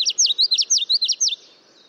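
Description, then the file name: Common Yellowthroat song: a rhythmic, high phrase of looping notes repeated several times in quick succession, then silence. Song remembered as 'witchity, witchity, witchity'; breeding males may repeat it about 300 times an hour. "Bird Note (Common Yellowthroat)"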